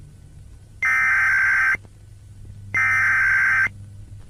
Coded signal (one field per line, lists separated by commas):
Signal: Emergency Alert System (SAME) tones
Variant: header bursts